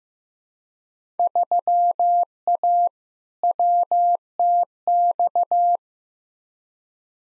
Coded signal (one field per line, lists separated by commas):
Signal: Morse code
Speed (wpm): 15 wpm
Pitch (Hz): 700 Hz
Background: none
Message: 3A WTX